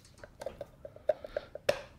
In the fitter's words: there's your o-ring and then this filter you're going to press in here until it clicks